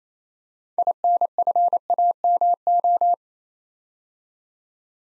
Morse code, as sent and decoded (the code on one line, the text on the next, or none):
.. -. ..-. .- -- ---
INFAMO